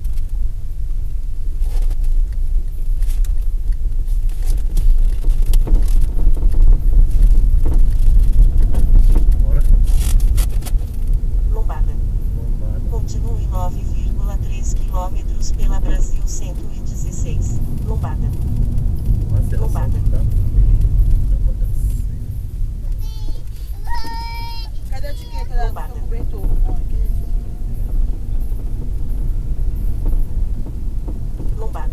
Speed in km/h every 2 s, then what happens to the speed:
12, 15, 18, 24, 30, 37, 44, 50, 50, 41, 27, 16, 21, 29, 37, 40.
0-14 speeds up to 50. 14-22 brakes to 16. 23-29 speeds up to 40.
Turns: none.